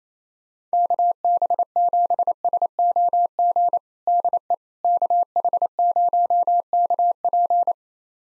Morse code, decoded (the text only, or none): KB7SOG DE KH0KP